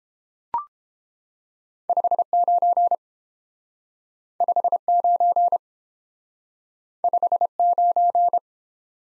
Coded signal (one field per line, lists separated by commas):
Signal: Morse code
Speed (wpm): 30 wpm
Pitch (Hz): 700 Hz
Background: none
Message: 59 59 59